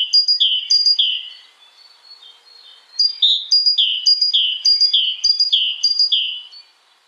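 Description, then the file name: Great tit song: ringing two-note phrases, a high note dropping to a lower one, repeated in two runs with a short pause between them. "Canto do chapins real"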